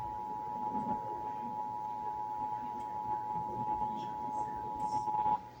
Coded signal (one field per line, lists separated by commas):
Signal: Emergency Alert System (SAME) tones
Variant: 853 and 960 Hz attention tone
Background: speech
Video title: (EAS #801-809) March 2025 Texas Required Monthly Test